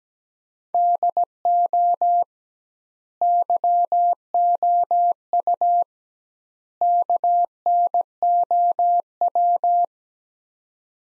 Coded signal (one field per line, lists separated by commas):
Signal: Morse code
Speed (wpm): 17 wpm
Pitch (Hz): 700 Hz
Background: none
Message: DO YOU KNOW